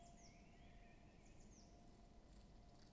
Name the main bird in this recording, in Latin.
Cyanistes caeruleus